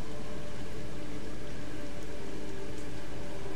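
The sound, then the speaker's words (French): Heavy rain pours down in a dense, steady roar, with gusting wind blended into the broad, unbroken wash of noise and no voices. “les frites du vent et les flaques de la pluie se confondaient dans un assourdissant tapage.”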